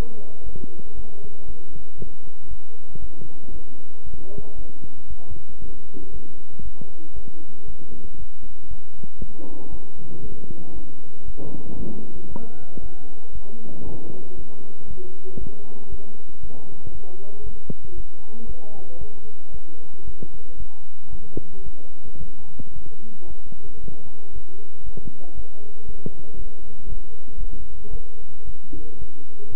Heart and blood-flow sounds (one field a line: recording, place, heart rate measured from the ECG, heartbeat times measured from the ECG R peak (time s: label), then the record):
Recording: heart sounds by stethoscope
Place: between the tricuspid and mitral areas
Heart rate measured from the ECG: 115 bpm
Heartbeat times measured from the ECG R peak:
0.44 s: heartbeat
0.95 s: heartbeat
1.46 s: heartbeat
1.98 s: heartbeat
2.49 s: heartbeat
3.00 s: heartbeat
3.52 s: heartbeat
4.04 s: heartbeat
4.56 s: heartbeat
5.08 s: heartbeat
5.60 s: heartbeat
6.12 s: heartbeat
6.63 s: heartbeat
7.14 s: heartbeat
7.66 s: heartbeat
8.18 s: heartbeat
8.69 s: heartbeat
9.19 s: heartbeat
9.70 s: heartbeat
10.22 s: heartbeat
10.74 s: heartbeat
11.26 s: heartbeat
11.77 s: heartbeat
12.29 s: heartbeat
12.81 s: heartbeat
13.33 s: heartbeat
13.85 s: heartbeat
14.37 s: heartbeat
14.88 s: heartbeat
15.39 s: heartbeat
15.90 s: heartbeat
16.41 s: heartbeat
16.93 s: heartbeat
17.44 s: heartbeat
17.95 s: heartbeat
18.47 s: heartbeat
18.99 s: heartbeat
19.52 s: heartbeat
20.05 s: heartbeat
20.57 s: heartbeat
21.10 s: heartbeat
21.64 s: heartbeat
22.19 s: heartbeat
22.74 s: heartbeat
23.28 s: heartbeat
23.81 s: heartbeat
24.33 s: heartbeat
24.84 s: heartbeat
25.35 s: heartbeat
25.86 s: heartbeat
26.37 s: heartbeat
26.87 s: heartbeat
27.38 s: heartbeat
27.91 s: heartbeat
28.45 s: heartbeat
28.99 s: heartbeat
29.54 s: heartbeat
From the record:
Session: bicycle stress test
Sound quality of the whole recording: good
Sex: male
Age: 23 years